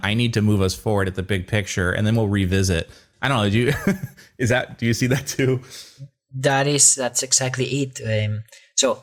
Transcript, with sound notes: I need to move us forward at the big picture, and then we’ll revisit.” I don’t know, do you— [laughs] —is that—do you see that, too?
That’s exactly it. So,